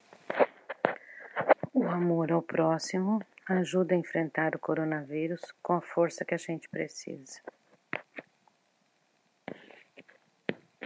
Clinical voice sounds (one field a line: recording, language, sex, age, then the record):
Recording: spoken sentence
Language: Brazilian Portuguese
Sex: female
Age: 50 to 59 years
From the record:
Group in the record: control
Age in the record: 57 years